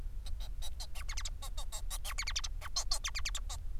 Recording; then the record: song of a male Bengalese finch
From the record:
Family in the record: son of father 4